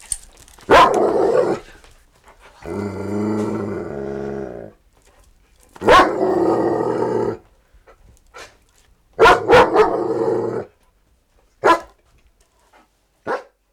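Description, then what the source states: Dog alternating loud harsh barks with drawn-out rumbling snarls lasting about two seconds each, followed by a few short sharp barks. Large dog barking with light snarling.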